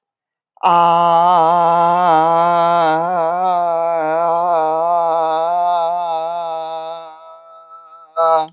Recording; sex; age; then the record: vowel held as long as possible; female; 60 to 69 years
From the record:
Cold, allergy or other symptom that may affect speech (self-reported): no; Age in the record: 63 years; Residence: Texas, United States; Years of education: 16